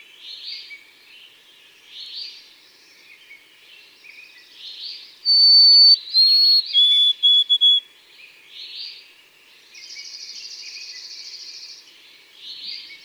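White-throated sparrow song stands out midway as clean whistled notes ending in quick stuttered repeats, surrounded by repeated chirping phrases and a buzzy trill from other birds.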